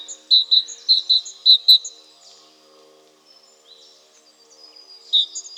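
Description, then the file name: Great tit calling: a quick run of loud, clipped high notes, mostly in pairs, then a pause filled with faint twitters, and a few notes again at the end. "Parus major"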